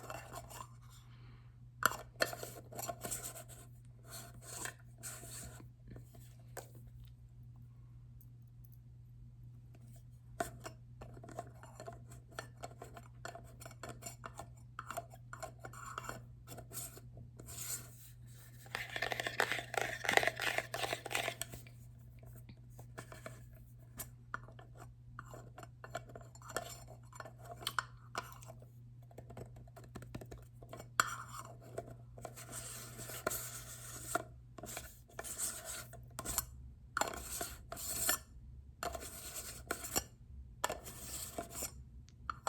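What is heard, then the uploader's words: A lid is handled, scraped and tapped, with frequent short clicks and knocks scattered unevenly across the clip. A longer rasping rub stands out around twenty seconds, and another brighter scraping stretch comes near thirty-five seconds. A steady low hum runs underneath throughout. ASMR Lid Sounds.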